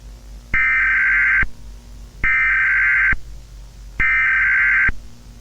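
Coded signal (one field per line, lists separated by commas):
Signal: Emergency Alert System (SAME) tones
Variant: header bursts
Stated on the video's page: Fictional scenario alert with voice acting, not a real activation.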